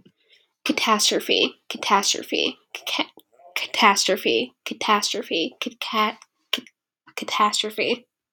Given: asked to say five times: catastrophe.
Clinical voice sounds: repeated word; female; 20 to 29 years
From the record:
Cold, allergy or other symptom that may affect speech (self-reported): no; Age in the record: 22 years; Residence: Maine, United States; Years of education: 15

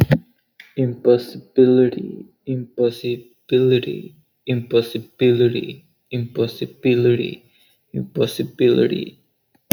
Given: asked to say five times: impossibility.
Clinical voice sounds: repeated word; male; 20 to 29 years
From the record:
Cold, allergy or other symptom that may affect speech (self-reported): no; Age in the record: 23 years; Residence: California, United States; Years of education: 12

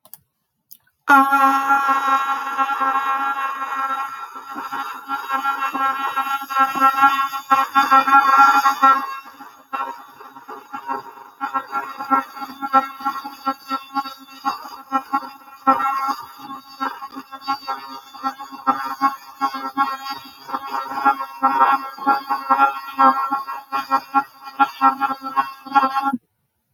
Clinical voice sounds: vowel held as long as possible; female; 30 to 39 years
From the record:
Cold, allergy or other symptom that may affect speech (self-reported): no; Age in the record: 33 years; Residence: Nebraska, United States

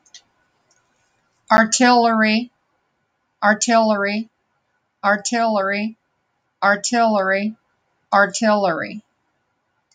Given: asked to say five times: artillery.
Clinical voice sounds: repeated word; female; 60 to 69 years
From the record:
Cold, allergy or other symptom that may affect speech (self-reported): no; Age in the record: 69 years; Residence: Ohio, United States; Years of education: 10

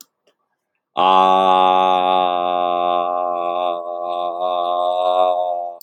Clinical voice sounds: vowel held as long as possible; male; 20 to 29 years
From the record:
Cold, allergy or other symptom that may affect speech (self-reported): no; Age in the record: 25 years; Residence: Ohio, United States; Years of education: 17

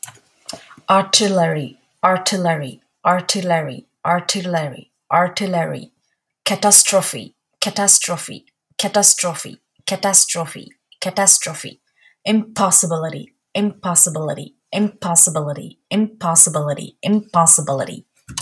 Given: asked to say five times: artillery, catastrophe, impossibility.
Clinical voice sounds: three words, each repeated; female; 30 to 39 years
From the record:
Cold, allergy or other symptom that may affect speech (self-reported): no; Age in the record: 39 years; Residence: New Jersey, United States

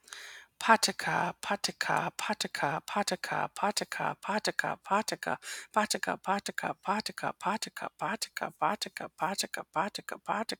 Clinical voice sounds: repeated syllables /pa ta ka/; female; 30 to 39 years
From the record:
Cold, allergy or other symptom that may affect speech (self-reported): no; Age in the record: 36 years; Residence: Wisconsin, United States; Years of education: 18

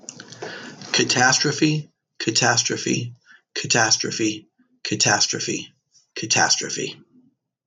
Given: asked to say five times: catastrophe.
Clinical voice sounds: repeated word; male; 60 to 69 years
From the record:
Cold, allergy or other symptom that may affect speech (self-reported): no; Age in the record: 63 years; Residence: California, United States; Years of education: 18

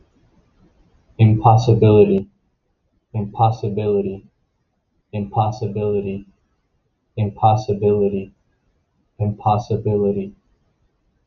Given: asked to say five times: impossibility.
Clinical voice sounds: repeated word; male; 20 to 29 years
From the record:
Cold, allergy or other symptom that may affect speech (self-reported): no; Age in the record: 22 years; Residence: Florida, United States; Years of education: 15

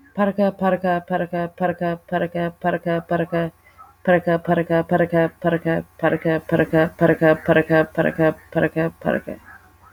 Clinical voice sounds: repeated syllables /pa ta ka/; female; 30 to 39 years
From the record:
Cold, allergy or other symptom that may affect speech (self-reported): no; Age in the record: 31 years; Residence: Texas, United States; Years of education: 14

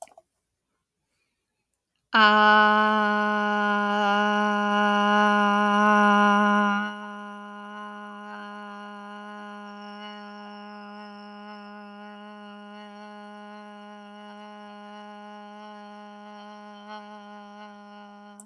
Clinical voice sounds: vowel held as long as possible; female; 30 to 39 years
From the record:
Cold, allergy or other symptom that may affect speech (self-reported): no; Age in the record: 30 years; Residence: Virginia, United States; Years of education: 17

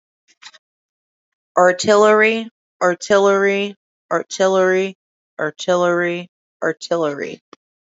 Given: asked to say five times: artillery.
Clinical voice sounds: repeated word; female; 20 to 29 years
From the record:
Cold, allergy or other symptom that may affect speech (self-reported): no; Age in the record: 29 years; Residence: Oklahoma, United States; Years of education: 16

